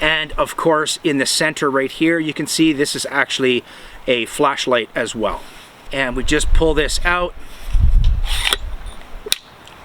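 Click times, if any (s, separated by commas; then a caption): 9.3 s. Someone talks while pulling the removable flashlight out of the center of the metal top housing of a BOUGE RV T1 telescopic camping lantern, with some handling noise around 8.0–8.5 s. A sharp click at 9.3 s marks the flashlight module locking into place, so it is seated.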